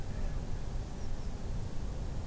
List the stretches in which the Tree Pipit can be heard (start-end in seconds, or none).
0.98-1.29